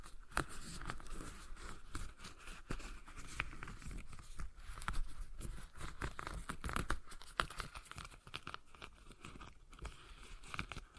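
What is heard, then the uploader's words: A stress ball being squeezed and worked, producing a dense, irregular run of crinkly, crackling snaps that continues for the whole stretch. The crackles are sharp and bright, with a few louder pops scattered throughout and a slightly quieter patch near the end. ASMR Relaxing Stress Ball Sounds (No Talking).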